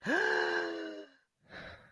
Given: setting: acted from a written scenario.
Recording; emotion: vocal sound without words; positive surprise